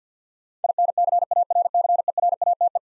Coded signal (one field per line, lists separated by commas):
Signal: Morse code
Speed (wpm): 50 wpm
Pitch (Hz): 700 Hz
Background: none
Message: INCARCERATE